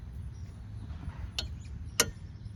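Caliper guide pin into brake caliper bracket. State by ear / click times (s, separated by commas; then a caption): seated / 2.0 s. A metal guide pin on the front brake caliper of a 2003–2008 Ford Focus is pushed forward into the caliper bracket until it seats, before the caliper screw is refitted. A faint low rumble runs through the clip, with a short sharp tick at 1.4 s, then a louder, crisp metallic click at 2.0 s as the pin clicks into place.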